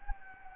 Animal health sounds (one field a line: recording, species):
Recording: mosquito wingbeat signal from an infrared sensor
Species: Anopheles gambiae